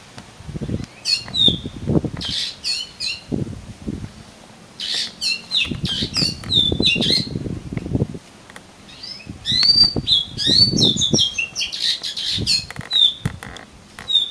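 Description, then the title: Oriental magpie-robin song: sharp whistled and slurred notes scattered throughout, with repeated low rustling and flapping thuds beneath. "Kacer Kacer"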